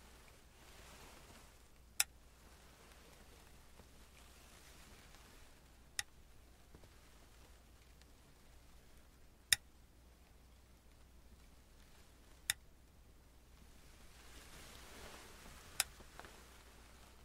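Tweezers click sharply against a quiet, steady hiss during makeup. Five crisp snaps land a few seconds apart, near 2, 6, 9.5, 12.5 and 16 seconds, the one around 9.5 seconds the loudest. Between them there is only faint rustling.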